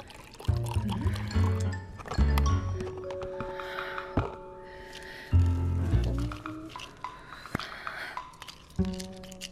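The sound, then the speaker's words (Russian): A girl pours juice into a glass in a few bursts, a gurgling, splashing stream with rising tonal ringing as the glass fills, separated by brief pauses and soft clinks. “А девушка берет сок и наливает в стакан.”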